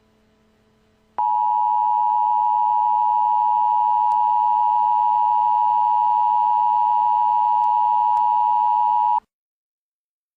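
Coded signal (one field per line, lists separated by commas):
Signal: Emergency Alert System (SAME) tones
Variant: 853 and 960 Hz attention tone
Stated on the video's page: Simulated EAS alert in a fictional alien invasion scenario.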